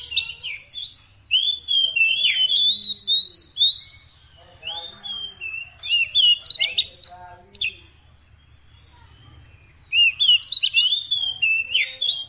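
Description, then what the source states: Oriental magpie-robin singing in loud bursts of clear whistles and chattering notes over a steady low hum, with brief quieter spells between phrases. Magpie-robin 'isian' fill-in song, used to make a kept bird sing actively day and night.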